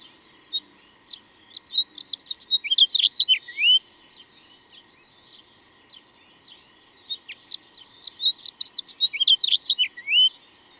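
Bird song in two long phrases of rapid, high twitters and down-sweeping whistles, with a pause of a few seconds between them.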